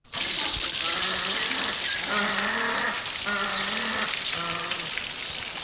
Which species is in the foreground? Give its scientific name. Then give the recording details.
Eudyptes chrysocome. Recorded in captivity. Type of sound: call sequence. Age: adult. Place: Zoo Berlin, Berlin, DE. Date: 1986-01-03 11:40. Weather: bedeckt, windstill, 3°C. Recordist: Tembrock, Günter. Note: Rufreihen (kaum zu hören!)